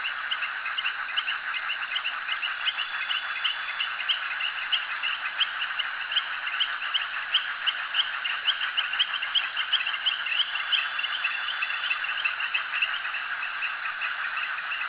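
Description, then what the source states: Frogs calling in a dense chorus, overlapping rapid chirping and clicking pulses that run steadily without a pause from start to finish. Frogs recorded at a jetty.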